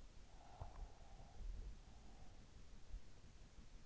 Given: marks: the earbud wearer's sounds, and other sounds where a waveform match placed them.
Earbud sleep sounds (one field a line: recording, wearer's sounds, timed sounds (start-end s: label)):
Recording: sounds in sleep by an in-ear microphone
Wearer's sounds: breath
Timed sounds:
0.00-3.09 s: breath